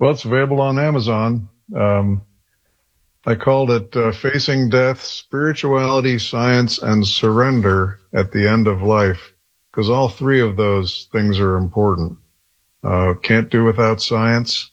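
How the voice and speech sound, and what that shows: A man speaks fluently in a steady, low, clear voice with natural pauses: ordinary adult speech.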